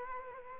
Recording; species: mosquito wingbeat signal from an infrared sensor; Culex quinquefasciatus